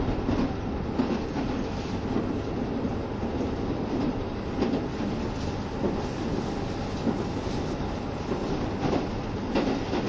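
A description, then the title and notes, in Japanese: Running sound of a KiHa 72 series Yufuin no Mori train between Yufuin and Ukiha. A steady, dense low rumble holds throughout, with faint brighter clicks and rail knocks recurring every second or so, and a soft hiss above. キハ72系 ゆふいんの森06号01 由布院～うきは。走行音。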